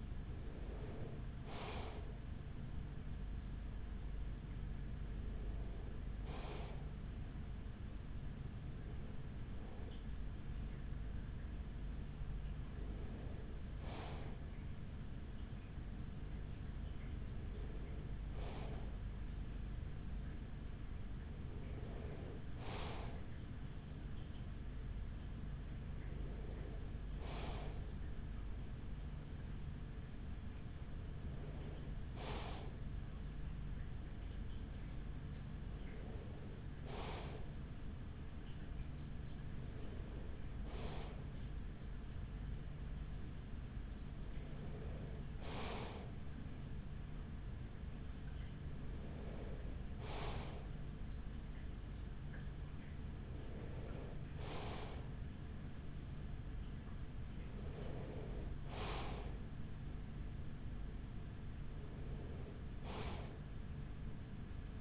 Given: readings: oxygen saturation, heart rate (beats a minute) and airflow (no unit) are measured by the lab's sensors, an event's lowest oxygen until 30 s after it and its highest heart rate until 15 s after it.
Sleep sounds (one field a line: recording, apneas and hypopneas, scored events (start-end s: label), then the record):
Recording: breathing in sleep by a smartphone at the bedside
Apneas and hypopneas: none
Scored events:
12.00-64.81 s: new sleep stage, N2 (light sleep)
From the record:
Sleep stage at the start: N3 (deep sleep)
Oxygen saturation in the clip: 94%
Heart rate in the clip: 42 to 46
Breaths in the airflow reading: 15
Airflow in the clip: -7.7 to 6.5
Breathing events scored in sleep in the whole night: 207 in 7.6 hours asleep